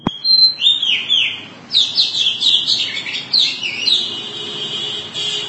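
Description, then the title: Oriental magpie-robin song opening with clear sustained whistles, then a run of quick descending slurred notes and chatter. Long-duration song style. "Kacer Durasi Panjang"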